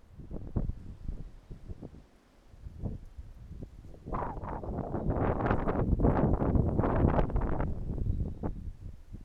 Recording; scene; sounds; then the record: everyday scene through a hearing-aid microphone; wind on the microphone; wind, traffic, birds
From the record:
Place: suburban garden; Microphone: behind the ear, right, front